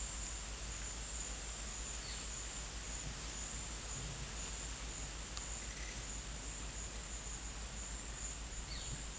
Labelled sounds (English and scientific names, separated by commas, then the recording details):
none
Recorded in pastures near Puerto Asís, Putumayo, Colombia, on 22 December 2024 at 13:30
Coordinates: 0.472, -76.329
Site G072